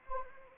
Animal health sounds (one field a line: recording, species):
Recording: mosquito wingbeat signal from an infrared sensor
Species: Anopheles arabiensis